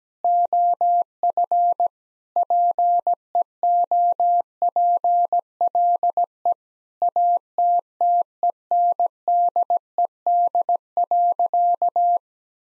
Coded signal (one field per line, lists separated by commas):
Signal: Morse code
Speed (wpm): 17 wpm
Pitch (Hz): 700 Hz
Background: none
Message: OF PEOPLE ATTENDED.